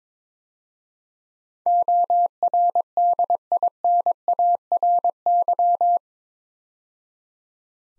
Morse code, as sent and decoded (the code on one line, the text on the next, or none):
--- .-. -.. .. -. .- .-. -.--
ORDINARY